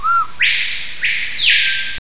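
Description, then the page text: Screaming piha giving a very loud whistled call: a short soft introductory note, then a powerful rising whistle held high before sliding down. Recorded in forest in French Guiana; local name paipayo. "guyane foret paipayo. JFP - Selection Guyane"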